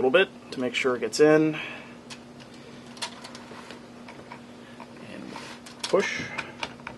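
Someone talks while an airsoft spring guide is twisted slightly and pushed into the gearbox of a PTS M4 airsoft rifle. Light ticks and handling taps come from about 3.3 to 4.8 seconds, with a sharper tap near 6.6 to 6.9 seconds. The spring guide has not yet been turned 90 degrees to lock, and nothing has seated yet.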